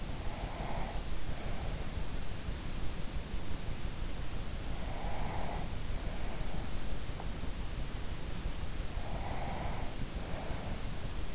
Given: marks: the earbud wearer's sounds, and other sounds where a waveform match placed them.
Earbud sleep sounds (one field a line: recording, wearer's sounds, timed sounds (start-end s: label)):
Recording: sounds in sleep by an in-ear microphone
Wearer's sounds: breath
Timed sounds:
0.00-2.25 s: breath
5.00-7.10 s: breath
8.87-11.35 s: breath